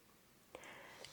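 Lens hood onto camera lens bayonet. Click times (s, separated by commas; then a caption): 0.6 s, 1.1 s. A bayonet lens hood with a push-button lock is fitted onto the front of an OM SYSTEM 40-150 F4 PRO telephoto zoom lens and twisted into place without needing force. Over a quiet background, a sharp click sounds at 0.6 s and a second, softer click at 1.1 s. The hood is seated and locked onto the lens bayonet.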